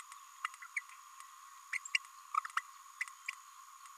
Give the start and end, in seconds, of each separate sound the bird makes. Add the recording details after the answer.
0.44-0.47, 0.76-0.81, 1.73-1.78, 1.94-1.98, 2.57-2.60, 3.01-3.05. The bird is a male. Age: 27 days. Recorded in a nest box in Venezuela. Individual 17B32A6